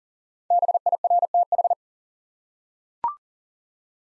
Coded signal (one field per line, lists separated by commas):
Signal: Morse code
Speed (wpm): 39 wpm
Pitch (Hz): 700 Hz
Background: none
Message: BIRTH